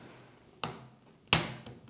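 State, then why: Seated. A plastic Technic part or pin is pushed into a Lego Technic 42112 concrete mixer truck model and locks in place. A softer tick at 0.6 s precedes a loud, sharp snap at 1.3 s, after which faint ticks follow and the part is seated.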